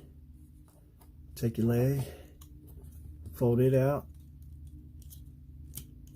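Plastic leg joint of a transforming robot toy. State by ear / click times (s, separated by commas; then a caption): seated / 5.8 s. Someone talks while folding out the plastic leg part of a Transformers Combiner Wars Blastoff robot toy, an Amazon exclusive. The leg joint snaps into place with a sharp click at 5.8 s, and the part locks.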